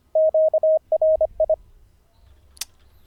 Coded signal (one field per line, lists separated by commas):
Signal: Morse code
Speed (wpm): 25 wpm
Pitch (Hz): 630 Hz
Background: radio noise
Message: QRI